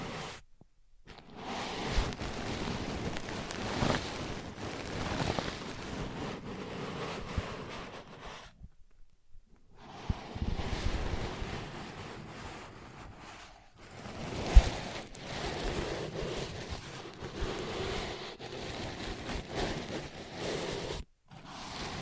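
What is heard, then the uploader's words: Muffled tapping, scratching and tracing on ear pads, a dense rustling texture with soft thumps underneath. It comes in long stretches broken by near-silent gaps around two, nine and twenty-one seconds, with a few sharper taps standing out. ASMR Using Ear Pads as Your Ears Tapping, Scratching, Tracing (No Talking).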